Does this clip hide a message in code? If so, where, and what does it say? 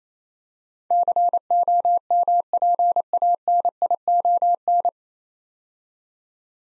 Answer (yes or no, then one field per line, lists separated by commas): yes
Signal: Morse code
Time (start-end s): 0.9-4.9 s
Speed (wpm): 28 wpm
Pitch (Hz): 700 Hz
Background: none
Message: COMPANION